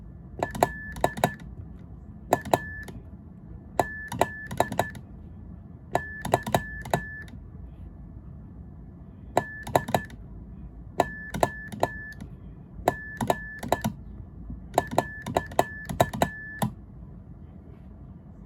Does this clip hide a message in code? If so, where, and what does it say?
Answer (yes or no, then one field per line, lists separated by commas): yes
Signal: Morse code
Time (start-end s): 0.4-16.6 s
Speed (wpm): 12 wpm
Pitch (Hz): 1750 Hz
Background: none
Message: LAZY DOG.